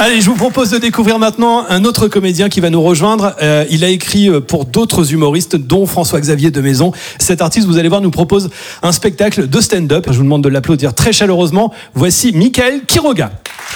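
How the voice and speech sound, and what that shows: An adult male host speaks fluent, clear French at an even, lively pace, with only brief pauses between phrases, introducing the next stand-up comedian live at the Rire et Chanson Comedy Club in a warm, animated tone. Voice quality and articulation are normal, with no signs of a speech disorder.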